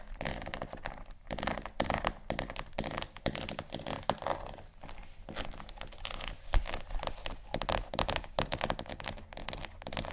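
Scratchy tapping fills the whole stretch, a dense run of quick, irregular taps and rasping scrapes with hardly a pause. Bursts cluster and thin out unevenly, with a sharper, louder knock near six and a half seconds. A low steady hum sits underneath throughout.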